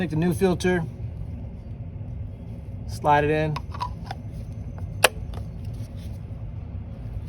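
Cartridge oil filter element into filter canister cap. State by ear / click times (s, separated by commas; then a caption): seated / 5.0 s. During an oil change on a 2013–2018 Toyota RAV4, someone talks while a new cartridge oil filter element is slid into the filter canister cap. A few faint scrapes and taps follow. A sharp click at 5.1 s is the element snapping into place and seating in the canister.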